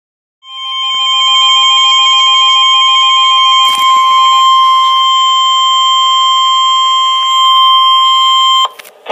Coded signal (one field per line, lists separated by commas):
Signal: Emergency Alert System (SAME) tones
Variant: 1050 Hz attention tone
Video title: EAS #1 Blizzard Warning